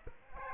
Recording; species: mosquito wingbeat signal from an infrared sensor; Aedes aegypti